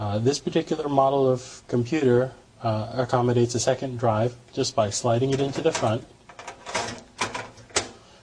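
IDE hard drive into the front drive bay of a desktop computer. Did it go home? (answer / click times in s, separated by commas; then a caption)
yes / 7.8 s. A secondary IDE hard drive in its carrier is slid into the front drive bay of a desktop computer until it latches. Someone talks, then a run of short scraping knocks follows from about 6.4 s. The drive snaps into place with the loudest, sharpest hit at 7.8 s, seated.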